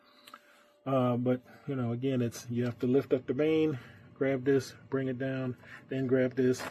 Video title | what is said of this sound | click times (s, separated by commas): Avis sur la ILM Casque Moto Intégral Modulable pour Homme et Femme ATV UTV avec Protège-Menton Réver | It does lock into place. There's a click sound when you put it up. | 0.3 s